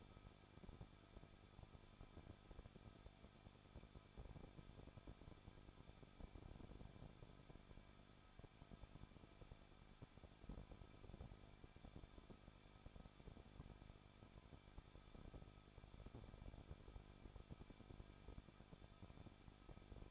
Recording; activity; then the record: daily activity, microphone in the room; no activity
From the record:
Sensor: 5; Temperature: 20.8 degrees Celsius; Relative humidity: 38.6%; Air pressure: 1006.4 hPa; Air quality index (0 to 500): 192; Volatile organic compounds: 21 ppm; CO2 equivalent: 2712 ppm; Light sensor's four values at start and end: 2/3/1/1 and 2/3/1/1